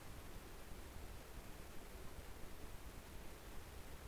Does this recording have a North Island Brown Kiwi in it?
no